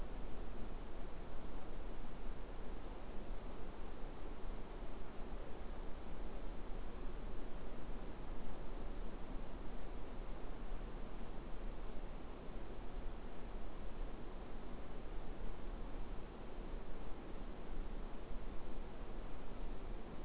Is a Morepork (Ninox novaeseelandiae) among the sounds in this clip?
no